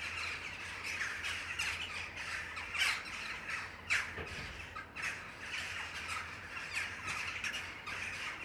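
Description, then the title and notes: Jackdaw flock giving short harsh squawking calls in a dense, overlapping chorus, with louder bursts around three, four and five seconds. Several jackdaws giving territorial calls in the afternoon near sunset. "ｐａｔｚｒ ｒａｄｉｏ ｎｉｎｅｔｙ－ｓｅｖｅｎ－ｂ - untitled [Jackdaws, mainly]. the jackdaws were so good this afternoon. this territorial racket any day i'm around near sunset"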